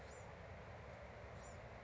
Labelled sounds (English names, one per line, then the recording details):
Bewick's Wren
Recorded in Sonoma County, California